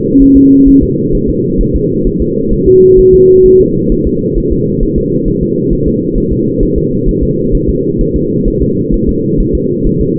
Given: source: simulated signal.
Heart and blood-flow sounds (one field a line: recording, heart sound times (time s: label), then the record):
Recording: fetal heart sounds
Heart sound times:
0.22 s: S1
0.37 s: S2
0.69 s: S1
0.83 s: S2
1.15 s: S1
1.30 s: S2
1.61 s: S1
1.76 s: S2
2.07 s: S1
2.22 s: S2
2.53 s: S1
2.68 s: S2
2.99 s: S1
3.14 s: S2
3.46 s: S1
3.61 s: S2
3.92 s: S1
4.07 s: S2
4.38 s: S1
4.52 s: S2
4.83 s: S1
4.98 s: S2
5.28 s: S1
5.43 s: S2
5.73 s: S1
5.88 s: S2
6.18 s: S1
6.33 s: S2
6.63 s: S1
6.78 s: S2
7.09 s: S1
7.23 s: S2
7.55 s: S1
7.70 s: S2
8.01 s: S1
8.16 s: S2
8.48 s: S1
8.62 s: S2
8.94 s: S1
9.09 s: S2
9.40 s: S1
9.55 s: S2
9.87 s: S1
10.01 s: S2
From the record:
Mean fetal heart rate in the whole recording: 130 bpm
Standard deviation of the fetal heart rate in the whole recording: 4 bpm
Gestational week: 38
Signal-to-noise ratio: -11.2 dB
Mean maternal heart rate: 72 bpm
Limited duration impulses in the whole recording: present